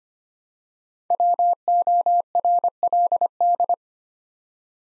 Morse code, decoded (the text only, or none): WORLD